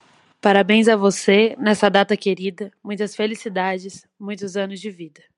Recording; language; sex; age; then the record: short text; Brazilian Portuguese; female; 20 to 29 years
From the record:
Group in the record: control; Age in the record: 21 years